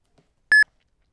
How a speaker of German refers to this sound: Gegen 10 wurde vom Heimwehrkommando Wien 2 angerufen. Ich ging ans Telefon